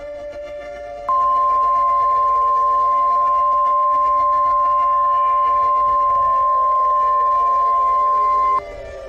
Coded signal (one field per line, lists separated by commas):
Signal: Emergency Alert System (SAME) tones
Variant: 1050 Hz attention tone